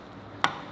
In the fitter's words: So rastet es ein, es passt hier fest und Sie können den Akku aufladen .